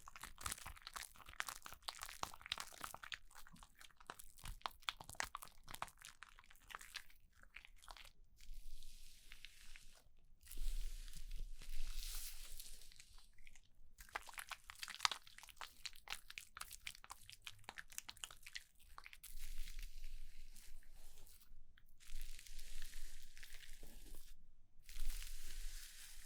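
Haircut sounds: dense, bright crackling and rustling, like hair being cut and handled, in rapid bursts. Short silent breaks fall around 8, 10, 13.5, 21.5 and 24.5 seconds, and a faint low hum runs underneath from about ten seconds on.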